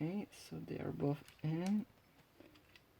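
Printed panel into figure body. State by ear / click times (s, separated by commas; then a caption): partly seated / 2.8 s. Someone talks, then presses a printed panel into a figure body, making small clicks with a sharp click at 2.8 s. The panel is still not fully seated.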